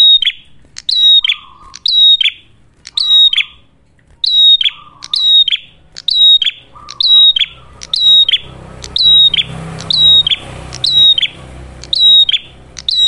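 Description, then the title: Ashy tailorbird song: rapid, high, ringing whistled phrases repeated about once a second, with low buzzy trills, and background noise in the second half. Actively singing ('gacor') red-headed prenjak, clear recording for training cage birds (masteran) or luring (pikat); titled as a Cililin vs Kapas Tembak duet. "Masteran Duet Cililin Vs Kapas Tembak. Prenjak Kepala Merah Gacor [ Suara Jernih, Sangat Cocok Buat Masteran Ataupun Buat Pikat ]"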